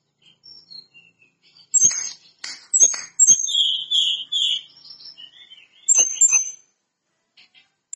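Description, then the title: Lesser Shortwing song made of quick, high squeaky notes and short tumbling trills in loose bursts, some dry clicks mixed in. Singing actively (gacor). "Burung Tledekan Gacor Dor"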